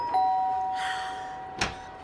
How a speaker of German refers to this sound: Nochmal klingeln, die hören uns nicht.